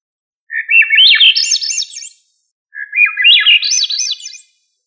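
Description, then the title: Thrush giving two similar rising warbled phrases, each a quick series of notes climbing and zigzagging upward, with a short silence between them. "Familia Turdidae - Sabia"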